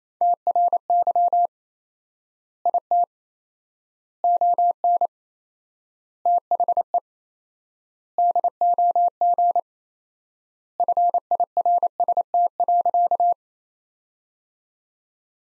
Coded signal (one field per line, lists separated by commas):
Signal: Morse code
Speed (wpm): 28 wpm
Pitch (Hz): 700 Hz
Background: none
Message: TRY IT ON THE DOG FIRST.